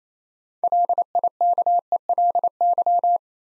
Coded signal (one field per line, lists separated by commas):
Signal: Morse code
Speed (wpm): 29 wpm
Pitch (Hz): 700 Hz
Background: none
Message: LIKELY